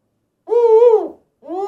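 Eagle calling with one long, drawn-out, slightly wavering harmonic yelp that falls at the end, followed by the start of a second, shorter call.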